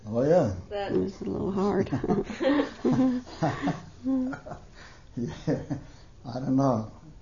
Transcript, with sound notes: Oh, yeah.
It was a little hard. ( they laugh )
I don't know.